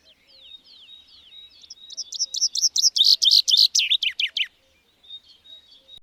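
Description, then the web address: Bird song opening with thin downslurred whistles, building into a loud rapid series of sharp chirps that stops abruptly, then faint twitters. "madarak enek"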